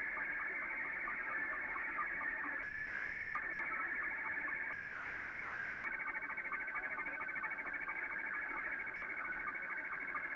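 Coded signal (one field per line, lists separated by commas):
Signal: SSTV (slow-scan television)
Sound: smeared, noisy warbling tone drifting between about 1.5 and 2.3 kHz with faint sync blips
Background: radio static, noise bursts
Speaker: Okay, while we wait for Joe to unmute the microphone, I like to say that the slow scan television, it was used also in early space missions. So this is a digital version of an analog form of transmission of image communication into space during the 60s.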